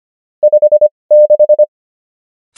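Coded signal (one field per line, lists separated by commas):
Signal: Morse code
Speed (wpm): 25 wpm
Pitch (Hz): 600 Hz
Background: none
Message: 56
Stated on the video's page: Morse code practice of numbers with 25wpm character speed and 20wpm word speed, Farnsworth spacing.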